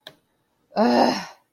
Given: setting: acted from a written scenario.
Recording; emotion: vocal sound without words; anger